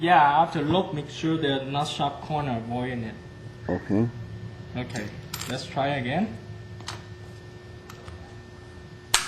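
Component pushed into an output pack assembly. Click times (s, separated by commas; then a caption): 9.1 s. Someone talks while a component is pushed into an output pack assembly again after a failed first attempt. A few faint ticks of handling come near the end, then a loud, sharp click at 9.1 s as the part seats home.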